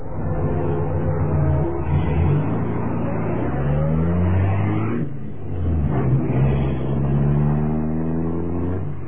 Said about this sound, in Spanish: Y Jazmín se alejaba a bordo de su lujoso auto negro.